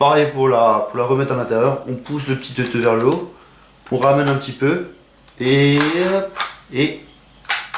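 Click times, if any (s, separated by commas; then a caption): 7.5 s. Someone talks while lifting the small release button on the retractable stock of an airsoft MP7 replica and pushing the stock back into the body. A sharp plastic click sounds at 7.5 s as the stock locks in the collapsed position.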